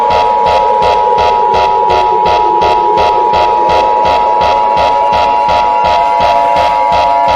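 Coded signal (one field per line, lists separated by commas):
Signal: Emergency Alert System (SAME) tones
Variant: 853 and 960 Hz attention tone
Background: music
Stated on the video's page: Fictional scenario; tones may or may not be valid; includes tornado, severe thunderstorm, National Information Center and Emergency Action Notification alerts.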